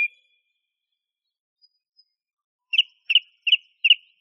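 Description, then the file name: Song thrush song: a single short note, a long silence, then four clipped doubled whistles repeated about every third of a second. Masteran recording used for training songbirds. "suara masteran songthrush"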